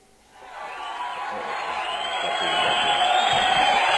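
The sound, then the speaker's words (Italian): Warm applause swells up after a brief quiet start and holds as a dense, steady wash of clapping that grows slightly louder toward the end, with no voices on top. “Allora vi lasciamo su questo caloroso applauso e vi diamo appuntamento alla prossima settimana.”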